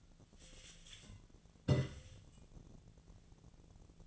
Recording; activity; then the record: daily activity, microphone in the room; take from stove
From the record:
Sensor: 4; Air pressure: 1010.8 hPa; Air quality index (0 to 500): 170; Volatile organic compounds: 5 ppm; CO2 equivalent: 1729 ppm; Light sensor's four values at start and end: 38/110/44/45 and 39/111/44/45